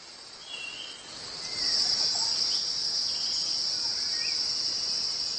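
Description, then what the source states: Cicada mating call: a continuous high, shrill buzz that swells in after about one and a half seconds and holds steady to the end. Breeding season; males, after moulting, give particular calls to find mates among billions of insects; sound made by vibrating the abdominal membrane, harsh to human ears; sings when warm sunshine returns.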